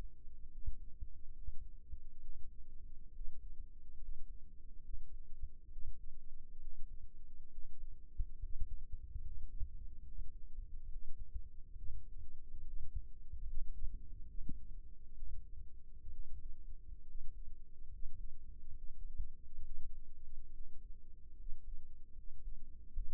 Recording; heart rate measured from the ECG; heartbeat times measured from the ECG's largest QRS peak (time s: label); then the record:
heart sounds by microphone in the right ear; 70 bpm
0.49 s: heartbeat
1.33 s: heartbeat
2.20 s: heartbeat
3.12 s: heartbeat
3.98 s: heartbeat
4.82 s: heartbeat
5.69 s: heartbeat
6.59 s: heartbeat
7.49 s: heartbeat
8.39 s: heartbeat
9.21 s: heartbeat
10.03 s: heartbeat
10.88 s: heartbeat
11.75 s: heartbeat
12.63 s: heartbeat
13.44 s: heartbeat
14.26 s: heartbeat
15.14 s: heartbeat
16.11 s: heartbeat
17.04 s: heartbeat
17.90 s: heartbeat
18.75 s: heartbeat
19.63 s: heartbeat
20.52 s: heartbeat
21.36 s: heartbeat
22.14 s: heartbeat
22.92 s: heartbeat
From the record:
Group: healthy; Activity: rest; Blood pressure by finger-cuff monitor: 88/58 mmHg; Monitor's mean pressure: 68 mmHg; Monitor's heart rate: 70 bpm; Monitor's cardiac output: 6.3 L/min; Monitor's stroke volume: 91 mL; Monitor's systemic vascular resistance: 790 dyn s/cm5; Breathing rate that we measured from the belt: 14 breaths a minute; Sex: male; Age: 22 years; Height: 181 cm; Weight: 79 kg